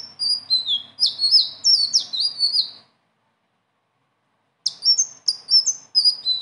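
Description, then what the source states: Leafbird song: a burst of fast high downslurred whistles, then nearly two seconds of silence before singing resumes. Strong continuous song (gacor) with rolling phrases (ngeroll) and fill notes (isian); a training song (masteran).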